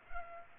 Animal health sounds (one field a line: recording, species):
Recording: mosquito wingbeat signal from an infrared sensor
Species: Culex pipiens